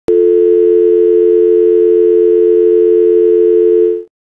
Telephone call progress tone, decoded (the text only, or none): dial tone